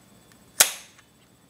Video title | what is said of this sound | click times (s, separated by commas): How to take apart a PMI Piranha R6 | Hear that click? | 0.6 s